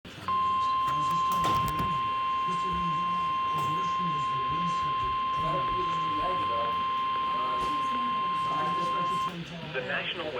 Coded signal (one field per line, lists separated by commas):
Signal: Emergency Alert System (SAME) tones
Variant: 1050 Hz attention tone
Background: speech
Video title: uhh title EAS #109]